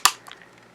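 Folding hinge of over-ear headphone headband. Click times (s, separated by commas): 0.1 s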